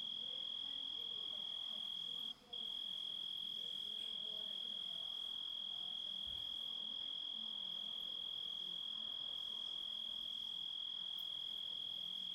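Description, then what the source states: Grasshopper producing a long, level, piercing tone with a single short gap, over a low hiss. Composite of several sounds.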